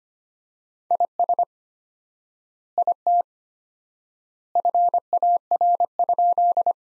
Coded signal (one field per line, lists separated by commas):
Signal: Morse code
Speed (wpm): 25 wpm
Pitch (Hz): 700 Hz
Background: none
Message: IS IT FAR?